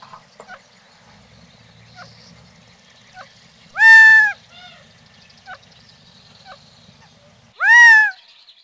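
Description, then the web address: Gambel's Quail calls: two loud nasal drawn-out notes about four seconds apart, interspersed with faint short clucking notes against a quiet background. "Peterson North American Birds iso sound gaqu"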